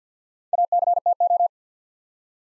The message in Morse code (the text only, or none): ACTO